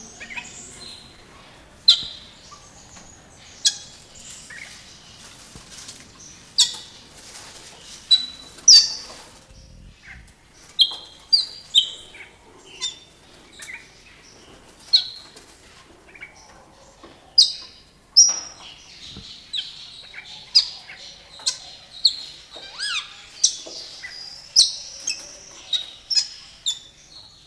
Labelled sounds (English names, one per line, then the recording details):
Sulawesi Myna call
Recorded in captivity
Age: adult
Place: Zoo Berlin, Berlin, DE
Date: 1991-10-30 10:03
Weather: sonnig, 0°C
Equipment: Nagra SN, Kopie Tesla B 116
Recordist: Tembrock, Günter